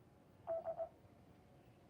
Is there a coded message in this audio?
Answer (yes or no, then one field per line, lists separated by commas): no